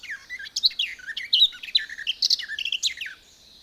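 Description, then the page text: Garden warbler song, a continuous rich babbling warble of quick varied notes lasting about three seconds, then silence. "Звуки птиц - Садовая славка"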